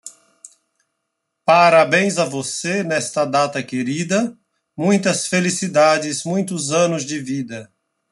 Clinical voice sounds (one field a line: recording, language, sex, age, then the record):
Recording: short text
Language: Brazilian Portuguese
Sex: male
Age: 50 to 59 years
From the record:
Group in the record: control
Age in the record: 52 years